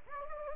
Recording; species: mosquito wingbeat signal from an infrared sensor; Anopheles gambiae